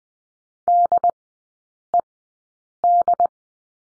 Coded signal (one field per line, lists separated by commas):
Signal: Morse code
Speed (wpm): 20 wpm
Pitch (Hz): 700 Hz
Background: none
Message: DED